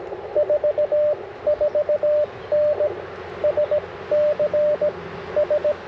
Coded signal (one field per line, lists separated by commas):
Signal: Morse code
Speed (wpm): 20 wpm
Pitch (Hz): 590 Hz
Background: radio noise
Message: 4 4N SC S